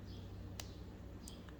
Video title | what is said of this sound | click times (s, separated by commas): Watch Wear Size Explained, LIVE Unboxing New Watch, Updates and MORE!!! | go two clicks out | 0.6 s, 1.3 s